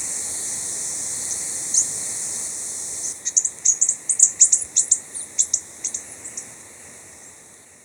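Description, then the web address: Lacrimose Mountain Tanager song: a rapid run of thin, very high chips and short notes lasting about three seconds, over a steady high insect-like hiss. Recorded in Ecuador. "Birds of Ecuador. Lacrimose Mountain-Tanager"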